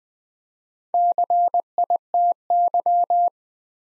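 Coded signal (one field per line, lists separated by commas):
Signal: Morse code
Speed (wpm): 20 wpm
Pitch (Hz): 700 Hz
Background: none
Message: CITY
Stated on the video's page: Morse practice at 20 wpm: 4-letter words built two letters at a time for instant character recognition.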